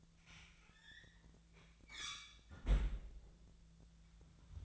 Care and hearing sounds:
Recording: daily activity, microphone in the room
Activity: close fridge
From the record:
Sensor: 3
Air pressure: 1009.6 hPa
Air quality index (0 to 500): 195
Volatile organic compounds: 16 ppm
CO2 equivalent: 2537 ppm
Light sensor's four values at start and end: 34/85/36/38 and 34/84/36/38

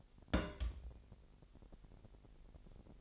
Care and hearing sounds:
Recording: daily activity, microphone in the room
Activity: place on stove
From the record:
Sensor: 5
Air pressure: 1002.1 hPa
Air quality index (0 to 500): 275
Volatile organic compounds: 47 ppm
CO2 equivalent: 3257 ppm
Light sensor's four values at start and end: 20/42/19/21 and 19/42/18/21

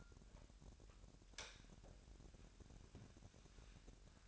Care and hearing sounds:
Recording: daily activity, microphone in the room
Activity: light on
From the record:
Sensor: 2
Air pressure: 1011.8 hPa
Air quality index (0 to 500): 214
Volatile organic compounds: 3 ppm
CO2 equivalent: 1510 ppm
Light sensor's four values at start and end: 11/27/12/12 and 16/44/18/18

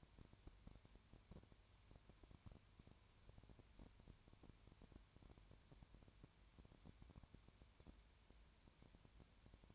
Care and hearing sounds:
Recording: daily activity, microphone in the room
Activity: no activity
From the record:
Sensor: 2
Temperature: 20.3 degrees Celsius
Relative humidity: 33.8%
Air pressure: 1003.2 hPa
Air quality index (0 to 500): 82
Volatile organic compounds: 1 ppm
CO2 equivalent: 781 ppm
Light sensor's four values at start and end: 2/3/2/2 and 2/3/2/2

